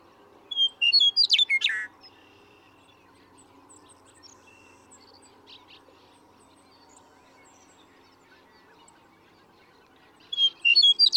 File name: Western Meadowlark